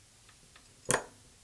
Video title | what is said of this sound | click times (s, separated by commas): Use Any Swiss Army Knife to Escape Handcuffs - SERE - Swiss Army Knife Hack! | that click is the double lock disengaging let's remove the key and then now | 0.9 s